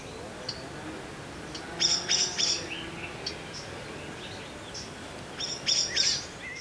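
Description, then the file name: Common blackbird calling, two bursts of rapid, bright chinks a few seconds apart, over a faint hiss with scattered soft chirps. "Turdus merula"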